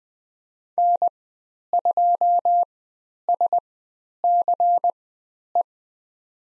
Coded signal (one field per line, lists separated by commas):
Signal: Morse code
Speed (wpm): 20 wpm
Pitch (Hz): 700 Hz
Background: none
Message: N2SCE